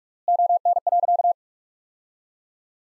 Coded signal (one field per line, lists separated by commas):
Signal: Morse code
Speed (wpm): 44 wpm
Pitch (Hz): 700 Hz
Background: none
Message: ON.